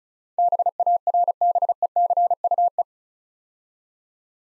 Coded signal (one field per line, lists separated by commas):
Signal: Morse code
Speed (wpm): 35 wpm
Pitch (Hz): 700 Hz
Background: none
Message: BARBECUE